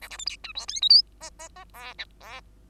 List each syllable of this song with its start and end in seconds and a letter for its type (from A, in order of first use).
0.01-0.09 A, 0.10-0.17 B, 0.18-0.25 C, 0.26-0.37 D, 0.43-0.53 E, 0.55-0.66 F, 0.68-0.81 G, 0.81-0.89 H, 0.89-1.02 I, 1.20-1.30 J, 1.39-1.49 J, 1.56-1.64 J, 1.74-1.95 K, 1.98-2.05 L, 2.20-2.41 K